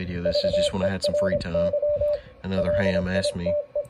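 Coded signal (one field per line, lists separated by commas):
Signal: Morse code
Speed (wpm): 26 wpm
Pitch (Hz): 590 Hz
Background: speech, radio noise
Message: VERY LITE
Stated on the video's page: Average CW signal on 40 metres at a bad time, with poor conditions.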